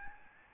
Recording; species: mosquito wingbeat signal from an infrared sensor; Aedes albopictus